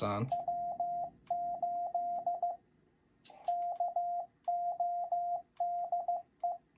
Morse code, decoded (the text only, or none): W8KO DE